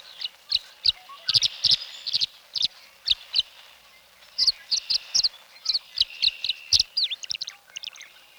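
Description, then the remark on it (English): Tree swallows twitter about the birdhouses in rapid bursts of bright, high chirps and liquid warbles, arriving in irregular clusters with short pauses between, fairly loud against a quiet background. “And the tree swallows are twittering about the birdhouses.”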